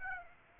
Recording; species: mosquito wingbeat signal from an infrared sensor; Aedes aegypti